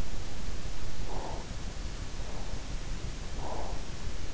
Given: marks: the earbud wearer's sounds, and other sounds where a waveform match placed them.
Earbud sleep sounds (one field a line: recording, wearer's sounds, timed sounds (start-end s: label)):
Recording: sounds in sleep by an in-ear microphone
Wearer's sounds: breath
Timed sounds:
0.87-1.67 s: breath
1.98-3.97 s: breath